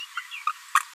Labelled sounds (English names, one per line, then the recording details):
Green-rumped Parrotlet babbling
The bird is a female
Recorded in a nest box in Venezuela
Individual 17B73B2